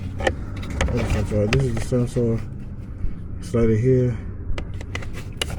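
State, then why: Not seated. Someone talks while handling the HVAC sensor and its connector during a blower motor replacement on a 2012–2015 Mercedes ML350, sliding the sensor into place by its housing. Brief sharp ticks and taps come through between the words, with a cluster of small ticks near the end. Nothing has seated or clicked yet.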